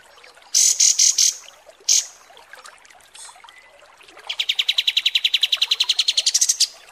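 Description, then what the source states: Kapas tembak song: a few sharp, high chattering notes, a pause, then a long, rapid, buzzy pulsed trill rising slightly toward its end. Masteran training recording of kapas tembak song, labelled 'mewah'.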